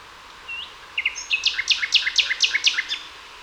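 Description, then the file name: Common nightingale song: a soft rising note, then a loud, evenly repeated series of sharp chirps in quick succession. "Luscinia megarhynchos"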